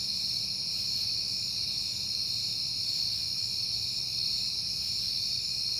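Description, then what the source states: Crickets chirping in a dense, steady high-pitched chorus that runs unbroken throughout, with a faint low rumble underneath. Crickets on a peaceful night in September.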